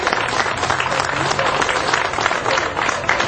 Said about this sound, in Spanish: Entonces yo quisiera que le diéramos un gran aplauso a la Tencha, que nos ha dejado, pero que en verdad se ha quedado aquí entre nosotros.